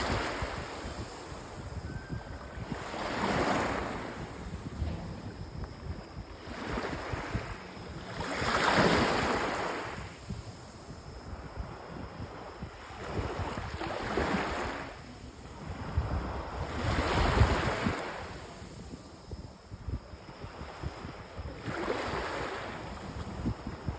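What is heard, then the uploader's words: Seaside sounds on a beach, with waves washing in and out in rhythmic surges roughly every three to four seconds, loudest near 9 and 17 seconds. A low rumble of wind buffeting the microphone runs underneath throughout, with faint steady high tones above. Sounds of a seaside holiday on the beach.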